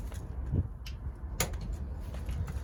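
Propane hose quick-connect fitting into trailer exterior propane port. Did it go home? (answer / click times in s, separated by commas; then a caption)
yes / 1.4 s. A propane hose quick-connect fitting is pushed onto the exterior propane port of a 2023 Forest River Wildwood Lite 28 VBXLX trailer. A sharp metallic snap sounds at 1.4 s over low background rumble, with a few fainter ticks around it. The fitting locks into place.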